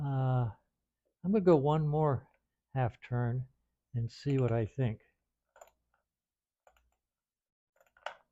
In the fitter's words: there it just snapped into place